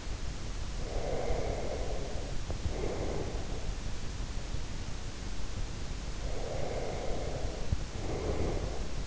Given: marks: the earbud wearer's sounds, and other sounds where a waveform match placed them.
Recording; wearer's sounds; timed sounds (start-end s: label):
sounds in sleep by an in-ear microphone; breath, teeth grinding
0.47-3.57 s: breath
2.34-2.83 s: teeth grinding
6.09-9.00 s: breath